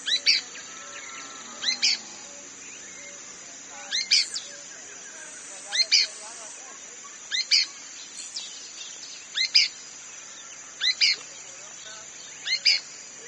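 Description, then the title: Pale-breasted spinetail calling, sharp doubled high notes repeated about every one and a half seconds, with a steady high insect hum throughout. Subspecies Synallaxis albescens inaequalis, assumed from location. "LuckyPassaro Completos2Sama. Pale-breasted Spinetail (Synallaxis albescens inaequalis (ssp assumed from location))"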